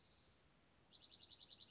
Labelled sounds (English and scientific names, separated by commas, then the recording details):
Dark-eyed Junco (Junco hyemalis)
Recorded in Sonoma County, California